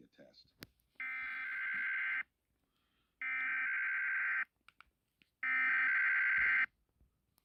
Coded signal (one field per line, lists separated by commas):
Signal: Emergency Alert System (SAME) tones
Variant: header bursts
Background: speech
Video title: WIRELESS WXL82... EAS Tests from 3/26/25 (EAS #5,655 - 5,664)